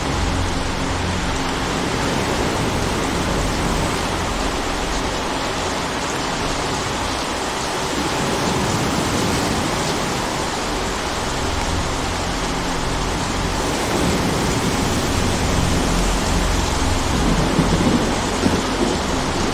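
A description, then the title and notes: Rain falls steadily in a dense, even hiss that fills the whole clip without pause. A low rumble shifts underneath, swelling a little around the middle and again near the end. Small taps and drips stand out briefly toward the last few seconds. Ambience of Rainstorm Sounds. Rainy Nights.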